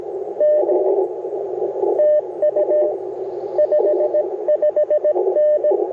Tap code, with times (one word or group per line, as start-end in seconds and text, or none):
none